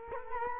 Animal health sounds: mosquito wingbeat signal from an infrared sensor; Culex quinquefasciatus

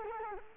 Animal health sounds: mosquito wingbeat signal from an infrared sensor; Culex quinquefasciatus

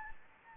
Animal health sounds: mosquito wingbeat signal from an infrared sensor; Anopheles gambiae

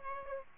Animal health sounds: mosquito wingbeat signal from an infrared sensor; Aedes aegypti

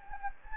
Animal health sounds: mosquito wingbeat signal from an infrared sensor; Anopheles gambiae

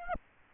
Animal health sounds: mosquito wingbeat signal from an infrared sensor; Aedes aegypti

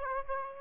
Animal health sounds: mosquito wingbeat signal from an infrared sensor; Aedes aegypti

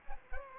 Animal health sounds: mosquito wingbeat signal from an infrared sensor; Aedes aegypti

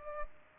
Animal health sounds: mosquito wingbeat signal from an infrared sensor; Culex pipiens

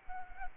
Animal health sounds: mosquito wingbeat signal from an infrared sensor; Culex quinquefasciatus

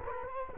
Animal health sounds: mosquito wingbeat signal from an infrared sensor; Culex quinquefasciatus

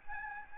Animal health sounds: mosquito wingbeat signal from an infrared sensor; Aedes albopictus

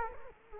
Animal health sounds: mosquito wingbeat signal from an infrared sensor; Culex quinquefasciatus

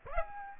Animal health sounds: mosquito wingbeat signal from an infrared sensor; Aedes aegypti

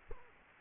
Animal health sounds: mosquito wingbeat signal from an infrared sensor; Culex quinquefasciatus

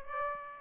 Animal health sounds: mosquito wingbeat signal from an infrared sensor; Aedes aegypti

